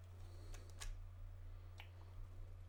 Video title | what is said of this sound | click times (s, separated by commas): Insta360 Sphere First Flight with the DJI Air 2S | it's already locked into place | 1.8 s